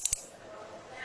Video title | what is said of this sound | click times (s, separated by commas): O level P4 class 1, help notes discussion micrometer | That click sound is what was the purpose of the ratchet. hear the sound, | 0.1 s